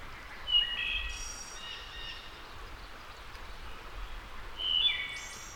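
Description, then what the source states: Wood thrush song, two phrases roughly four seconds apart, each a clear whistled note followed by a high, silvery, buzzing trill, over constant hiss. A returning wood thrush singing.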